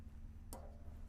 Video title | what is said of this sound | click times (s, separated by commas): NEW (Ultra Sleek) Mercedes Sprinter SCOUT Front Bumpers - Installation | until they click | 0.5 s